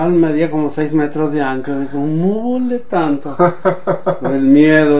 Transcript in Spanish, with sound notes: Medía como seis metros de ancho, dije: ¿Cómo volé tanto? (risas) Por el miedo.